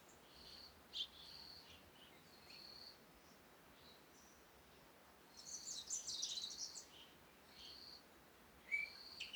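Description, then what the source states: Birds chirping, repeated short high notes with a brief busier burst of sharp twitters midway. Morning recording in Komati, Africa, calm conditions with wind.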